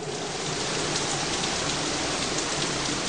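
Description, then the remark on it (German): Steady rain falling, a dense, even hiss of countless drops pattering on a surface for the whole stretch, with no voices and no thunder. “Der Regen ging so schnell, wie er kam.”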